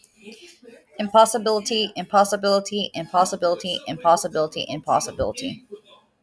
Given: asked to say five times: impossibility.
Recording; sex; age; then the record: repeated word; female; 30 to 39 years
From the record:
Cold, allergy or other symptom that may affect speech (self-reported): no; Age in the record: 34 years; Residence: Texas, United States